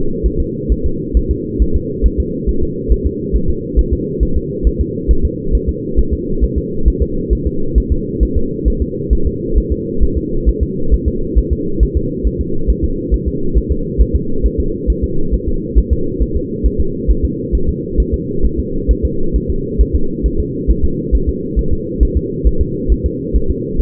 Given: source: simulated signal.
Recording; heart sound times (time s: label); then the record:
fetal heart sounds
0.26 s: S1
0.40 s: S2
0.72 s: S1
0.86 s: S2
1.17 s: S1
1.31 s: S2
1.62 s: S1
1.76 s: S2
2.06 s: S1
2.20 s: S2
2.49 s: S1
2.63 s: S2
2.92 s: S1
3.06 s: S2
3.36 s: S1
3.50 s: S2
3.79 s: S1
3.93 s: S2
4.23 s: S1
4.37 s: S2
4.67 s: S1
4.81 s: S2
5.11 s: S1
5.25 s: S2
5.55 s: S1
5.69 s: S2
5.99 s: S1
6.13 s: S2
6.44 s: S1
6.58 s: S2
6.88 s: S1
7.02 s: S2
7.33 s: S1
7.47 s: S2
7.78 s: S1
7.92 s: S2
8.23 s: S1
8.37 s: S2
8.68 s: S1
8.82 s: S2
9.13 s: S1
9.27 s: S2
9.58 s: S1
9.72 s: S2
10.03 s: S1
10.18 s: S2
10.49 s: S1
10.63 s: S2
10.94 s: S1
11.08 s: S2
11.38 s: S1
11.53 s: S2
11.83 s: S1
11.97 s: S2
12.27 s: S1
12.41 s: S2
12.70 s: S1
12.84 s: S2
13.14 s: S1
13.28 s: S2
13.57 s: S1
13.72 s: S2
14.01 s: S1
14.16 s: S2
14.46 s: S1
14.60 s: S2
14.90 s: S1
15.04 s: S2
15.34 s: S1
15.48 s: S2
15.78 s: S1
15.93 s: S2
16.22 s: S1
16.37 s: S2
16.66 s: S1
16.80 s: S2
17.10 s: S1
17.25 s: S2
17.55 s: S1
17.69 s: S2
18.00 s: S1
18.14 s: S2
18.45 s: S1
18.59 s: S2
18.91 s: S1
19.05 s: S2
19.36 s: S1
19.50 s: S2
19.81 s: S1
19.95 s: S2
20.26 s: S1
20.40 s: S2
20.71 s: S1
20.85 s: S2
21.15 s: S1
21.29 s: S2
21.59 s: S1
21.73 s: S2
22.03 s: S1
22.17 s: S2
22.47 s: S1
22.61 s: S2
22.92 s: S1
23.06 s: S2
23.36 s: S1
23.50 s: S2
23.81 s: S1
From the record:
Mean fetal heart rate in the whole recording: 135 bpm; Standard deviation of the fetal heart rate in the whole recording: 3 bpm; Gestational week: 34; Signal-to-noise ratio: -8.1 dB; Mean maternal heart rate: 72 bpm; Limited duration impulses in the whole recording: absent